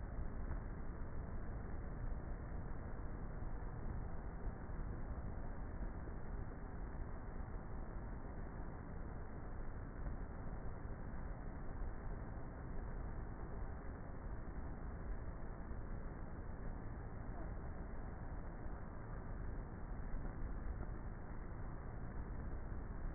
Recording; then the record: honeybee colony, microphone inside the hive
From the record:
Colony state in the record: queenless with a low population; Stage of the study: before two queens were removed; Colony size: about 30,000 bees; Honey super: no